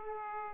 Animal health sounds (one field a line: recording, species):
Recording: mosquito wingbeat signal from an infrared sensor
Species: Aedes aegypti